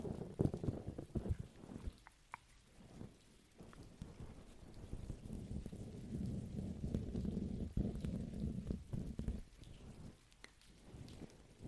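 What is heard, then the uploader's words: Rain falls in a dense, low rumbling wash that swells and eases across the twelve seconds, strongest around the middle. Scattered sharp ticks and taps of drops cut through at irregular moments, with a brighter faint hiss sitting above the heavy low roar. ASMR Energy rain (+ pluie).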